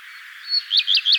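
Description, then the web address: Common redstart song opening: one drawn-out high whistle followed by three clear arched notes in quick, even succession. "vogelstimmen gartenrotschwanz gesang nabu lars lachmann"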